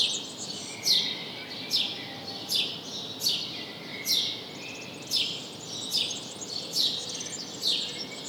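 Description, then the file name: House sparrow: repeated chirping from a house sparrow, clear single notes spaced just under a second apart, fairly regular, with light background hiss. "Passer domesticus"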